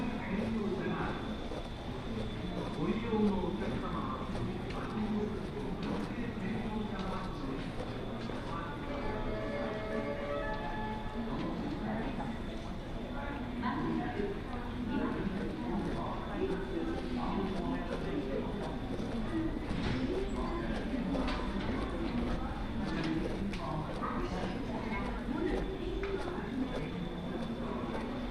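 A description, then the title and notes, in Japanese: Steady crowd chatter and footsteps on a railway trip through Osaka stations, with a faint constant tone and a brief announcement-like chime near ten seconds. 耳で楽しむ鉄道旅 ＪＲ難波→新今宮→京橋→鴫野。大阪難波駅からＪＲ難波駅まで徒歩移動し、関西本線方面の電車に乗り、2駅先の新今宮で下車。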